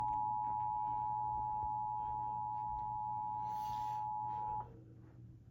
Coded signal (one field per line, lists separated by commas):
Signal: Emergency Alert System (SAME) tones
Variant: 853 and 960 Hz attention tone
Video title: (EAS #498) Severe Thunderstorm Warning for Dane, Green, and Rock, Wisconsin